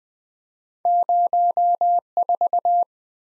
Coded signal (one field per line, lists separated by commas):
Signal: Morse code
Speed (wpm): 22 wpm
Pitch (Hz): 700 Hz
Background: none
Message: 04